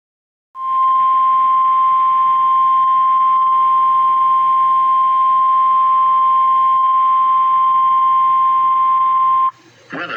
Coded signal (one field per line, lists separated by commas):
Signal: Emergency Alert System (SAME) tones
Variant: 1050 Hz attention tone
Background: speech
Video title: SVR EAS #71